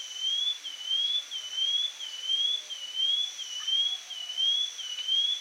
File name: Brown headed greenlet